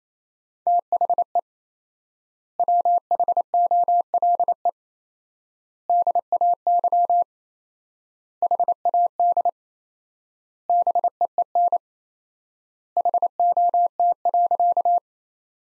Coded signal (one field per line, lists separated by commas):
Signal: Morse code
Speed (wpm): 28 wpm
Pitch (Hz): 700 Hz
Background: none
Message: THE WHOLE DAY HAD BEEN HOT.